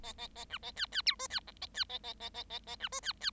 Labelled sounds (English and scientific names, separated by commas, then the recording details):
Bengalese Finch (Lonchura striata domestica) song
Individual Bird7